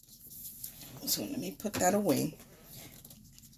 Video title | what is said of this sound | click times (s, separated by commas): Christmas in July (Elegant Christmas cards) part 1 | piece the little sponge snaps snaps right into the lid put | 0.6 s